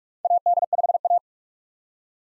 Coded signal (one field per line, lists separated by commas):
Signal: Morse code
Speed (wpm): 47 wpm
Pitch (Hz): 700 Hz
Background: none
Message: AD5A